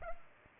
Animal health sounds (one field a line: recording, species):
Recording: mosquito wingbeat signal from an infrared sensor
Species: Culex pipiens